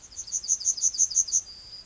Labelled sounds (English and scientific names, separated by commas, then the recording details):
Yellowhammer (Emberiza citrinella) song
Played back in grassland
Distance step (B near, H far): D
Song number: 170